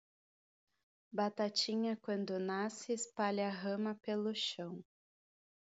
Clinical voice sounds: short text; Brazilian Portuguese; female; 30 to 39 years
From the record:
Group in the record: control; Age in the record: 33 years

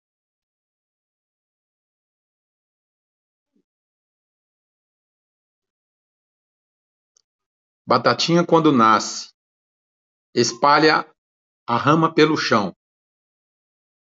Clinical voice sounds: short text; Brazilian Portuguese; male; 50 to 59 years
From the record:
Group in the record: control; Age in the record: 50 years

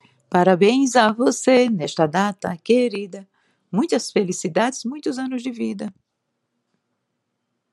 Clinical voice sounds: short text; Brazilian Portuguese; female; 60 to 69 years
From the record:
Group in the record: control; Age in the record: 67 years

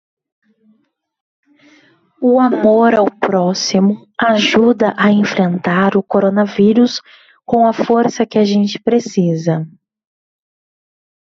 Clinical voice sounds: spoken sentence; Brazilian Portuguese; female; 20 to 29 years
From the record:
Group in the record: control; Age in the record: 25 years

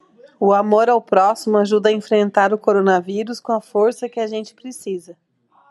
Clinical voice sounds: spoken sentence; Brazilian Portuguese; female; 30 to 39 years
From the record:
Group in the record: control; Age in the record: 39 years

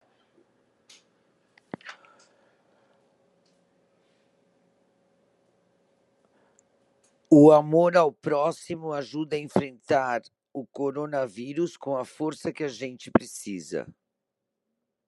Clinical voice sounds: spoken sentence; Brazilian Portuguese; female; 60 to 69 years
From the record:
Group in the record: control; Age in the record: 60 years

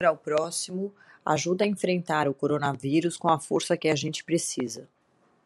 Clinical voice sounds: spoken sentence; Brazilian Portuguese; female; 40 to 49 years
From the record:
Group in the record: control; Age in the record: 49 years

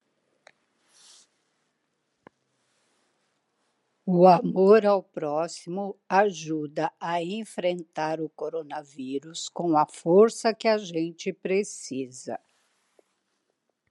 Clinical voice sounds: spoken sentence; Brazilian Portuguese; female; 50 to 59 years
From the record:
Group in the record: control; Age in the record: 58 years

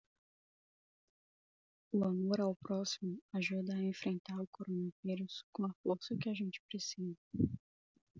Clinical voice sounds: spoken sentence; Brazilian Portuguese; female; 20 to 29 years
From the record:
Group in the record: control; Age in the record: 25 years

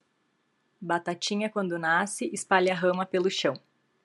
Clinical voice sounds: short text; Brazilian Portuguese; female; 30 to 39 years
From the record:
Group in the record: control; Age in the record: 38 years

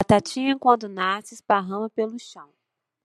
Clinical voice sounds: short text; Brazilian Portuguese; female; 40 to 49 years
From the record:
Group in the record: control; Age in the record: 45 years

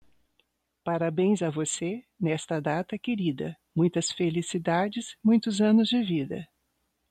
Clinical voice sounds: short text; Brazilian Portuguese; female; 60 to 69 years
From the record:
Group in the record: control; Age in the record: 66 years

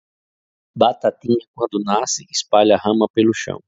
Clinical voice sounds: short text; Brazilian Portuguese; male; 40 to 49 years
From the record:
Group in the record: control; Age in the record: 40 years

